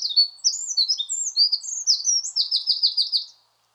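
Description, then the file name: Eurasian wren song, an energetic cascade of sharp high twitters running into a fast, even trill before stopping abruptly after about three and a half seconds. "Troglodytes troglodytes"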